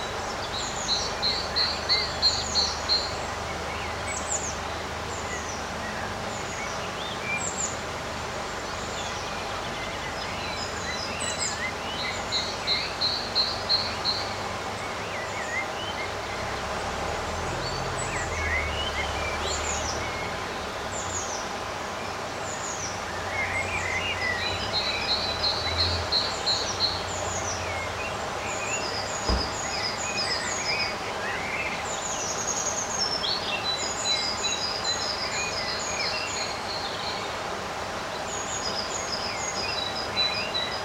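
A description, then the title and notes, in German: Birds sing through a summer garden, with several voices overlapping: bright trilled phrases recur every few seconds alongside quick chirps and high whistles. A steady outdoor hum sits underneath, and faint low rumbles drift in around the middle, with one brief knock near thirty seconds. Ein Sommertag im Garten. In dieser bezaubernden Klanglandschaft erleben Sie die Magie eines beinahe windstillen Sommertags. Vögel ihre süßen Melodien singen.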